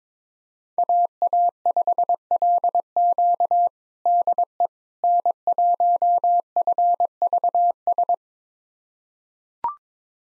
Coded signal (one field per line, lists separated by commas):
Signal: Morse code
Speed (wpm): 22 wpm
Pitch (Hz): 700 Hz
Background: none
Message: AA5LQ DE N1FVS